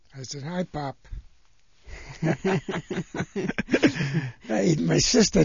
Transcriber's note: they laugh